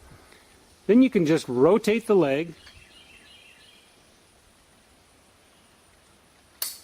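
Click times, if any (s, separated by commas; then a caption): 6.6 s. Someone talks briefly, then a Trimline canopy leg is rotated until the adjuster snap button in the leg tube pops into its hole with a sharp click at 6.6 s. The adjuster button has snapped into place and seated. Faint steady background noise runs under the quiet stretch before the click.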